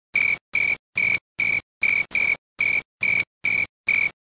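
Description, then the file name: Cricket song of clean, shrill chirps in an even train, a little over two per second, each chirp short and level in pitch. "crystal-cricket omkicau"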